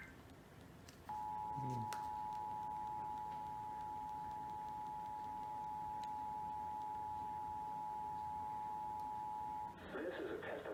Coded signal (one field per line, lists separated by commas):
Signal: Emergency Alert System (SAME) tones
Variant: 853 and 960 Hz attention tone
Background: speech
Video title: EAS Alert #48-51 - NWS Required Monthly Test on WWG24, KOMO-TV, KIRO-FM, and KIRO-AM [10/15/20]